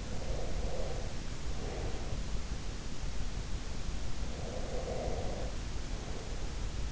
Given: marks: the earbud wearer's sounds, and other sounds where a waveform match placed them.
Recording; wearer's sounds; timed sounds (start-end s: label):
sounds in sleep by an in-ear microphone; breath
0.23-2.64 s: breath
4.33-6.92 s: breath